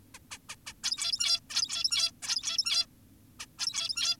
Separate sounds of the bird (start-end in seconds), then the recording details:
0.14-0.19, 0.31-0.38, 0.49-0.56, 0.66-0.73, 0.84-1.40, 1.50-2.12, 2.23-2.86, 3.40-3.46, 3.59-4.17. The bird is an adult. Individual g17y2U